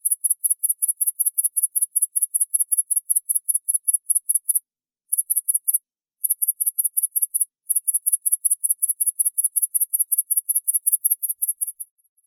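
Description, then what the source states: Grasshopper chirping in fast, very high, evenly pulsed runs, broken by several short pauses, then trailing off at the end; nothing else heard. In a neighbour's tree; recording noise-reduced.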